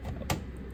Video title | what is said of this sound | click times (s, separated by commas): The Reality of Building A PC | Oh, there you go, guys. The click. | 0.3 s